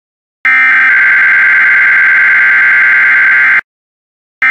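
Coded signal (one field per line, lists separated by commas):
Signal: Emergency Alert System (SAME) tones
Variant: header bursts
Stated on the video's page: Required weekly test conducted by an FM and an AM broadcast station, captured on a Weatherscan music radio stream.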